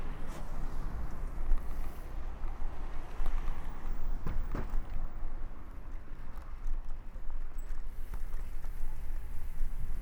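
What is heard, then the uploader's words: A bike ride along busy town roads at night, with a steady low rumble of traffic and wind filling the whole clip. Short knocks and clicks, like clattering wheels over bumps, pop up irregularly, clustering around the middle and again near the end. Bike Ride Through Town. Unable to sleep in the summer heat, I took a midnight bike ride down Mianyang’s busiest roads.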